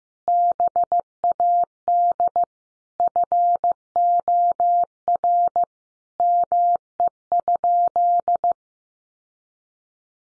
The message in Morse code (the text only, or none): BAD FOR ME?